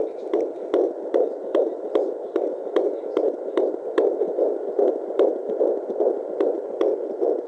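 Rapid, regular whooshing pulses at about 150 a minute: a fetal heartbeat at 16 weeks of pregnancy, picked up with a home doppler.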